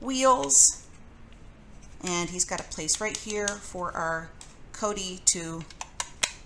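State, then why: Seated. A Codey controller module is pressed onto its mount on the Rocky wheeled robot base while someone talks. Two sharp plastic snaps are heard at 6.0 s and 6.2 s as the module clicks into place and sits seated on the base.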